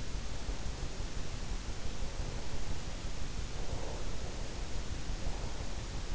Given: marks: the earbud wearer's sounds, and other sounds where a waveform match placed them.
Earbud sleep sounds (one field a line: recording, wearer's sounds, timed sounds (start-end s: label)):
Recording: sounds in sleep by an in-ear microphone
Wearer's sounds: breath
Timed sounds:
3.53-4.26 s: breath